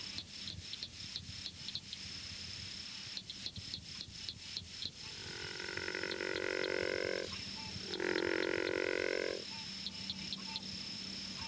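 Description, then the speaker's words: River frog growling calls: two low, rough, drawn-out snores of about two seconds and one and a half seconds, over a steady high insect whine and rapid clicking taps. Growling call, seldom heard though the species is often fairly common; river swamps and cypress-bordered lakes, Florida Panhandle and northern peninsula. "Although the species is often fairly common, its growling call is seldom heard."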